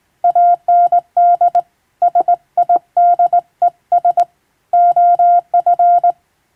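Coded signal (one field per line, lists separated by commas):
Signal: Morse code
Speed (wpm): 22 wpm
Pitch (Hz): 700 Hz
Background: none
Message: AND SIDES OF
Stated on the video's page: Hand-sent on a vertical straight key by a first-class radiotelegraph operator, practising international-language telegram sending from a practice book.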